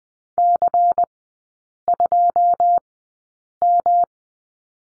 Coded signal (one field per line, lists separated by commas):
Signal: Morse code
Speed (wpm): 20 wpm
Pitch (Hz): 700 Hz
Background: none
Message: C2M